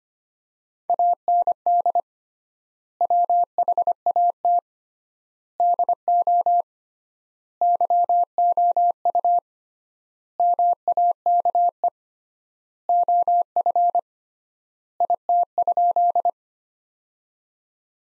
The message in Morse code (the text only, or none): AND WHAT DO YOU MAKE OF IT?